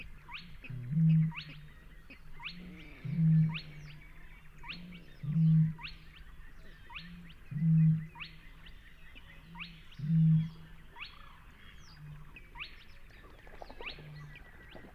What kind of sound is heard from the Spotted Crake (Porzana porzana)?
song